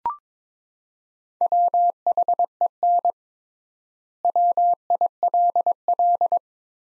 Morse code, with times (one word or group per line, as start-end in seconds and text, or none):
1.4-3.1 WHEN
4.2-6.4 WILL